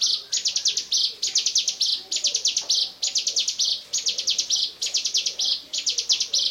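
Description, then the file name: Bar-winged prinia song: high, buzzy, stuttering phrases, each opening with quick pulses and ending in a drawn buzz, repeated steadily about once a second. "ciblekmonster"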